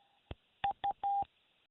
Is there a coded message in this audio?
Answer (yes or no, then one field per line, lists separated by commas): no